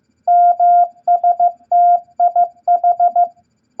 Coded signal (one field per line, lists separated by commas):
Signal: Morse code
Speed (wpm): 15 wpm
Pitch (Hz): 700 Hz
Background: none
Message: MSTIH